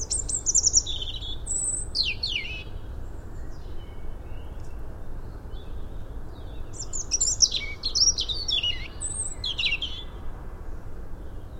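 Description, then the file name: European robin song: two separated phrases of high, liquid notes and quick downslurred trills, with a long pause between them and low background hiss. "Erithacus rubecula"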